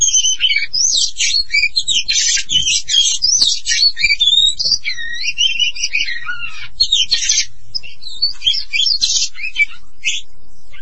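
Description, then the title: Oriental magpie-robin in full song, rapid harsh and sweet notes mixed, with a stretch of curling whistles midway and more chattering bursts after. Long-duration song. "Kacer"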